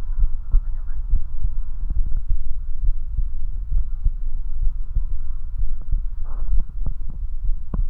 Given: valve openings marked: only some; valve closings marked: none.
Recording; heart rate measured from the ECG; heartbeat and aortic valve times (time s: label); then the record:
heart sounds by stethoscope; 66 bpm
0.21 s: heartbeat (ECG mark)
1.12 s: heartbeat (ECG mark)
1.14 s: aortic valve opens (echo mark)
1.98 s: heartbeat (ECG mark)
2.01 s: aortic valve opens (echo mark)
2.86 s: heartbeat (ECG mark)
2.89 s: aortic valve opens (echo mark)
3.74 s: heartbeat (ECG mark)
3.79 s: aortic valve opens (echo mark)
4.64 s: heartbeat (ECG mark)
4.75 s: aortic valve opens (echo mark)
5.61 s: heartbeat (ECG mark)
5.71 s: aortic valve opens (echo mark)
6.55 s: heartbeat (ECG mark)
6.62 s: aortic valve opens (echo mark)
7.46 s: heartbeat (ECG mark)
From the record:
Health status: healthy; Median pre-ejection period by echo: 53 ms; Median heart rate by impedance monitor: 66 bpm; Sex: male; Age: 21 years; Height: 170 cm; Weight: 85 kg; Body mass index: 29.41